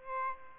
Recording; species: mosquito wingbeat signal from an infrared sensor; Aedes albopictus